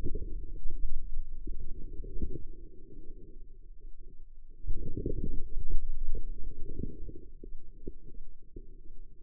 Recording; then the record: forearm muscle sounds (acoustic myography)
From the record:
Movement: outward rotation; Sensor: system 2, bracelet of six BSWA MPA416 microphones around the upper forearm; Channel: 2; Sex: female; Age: 25 years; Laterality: right